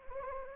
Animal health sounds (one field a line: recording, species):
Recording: mosquito wingbeat signal from an infrared sensor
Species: Anopheles gambiae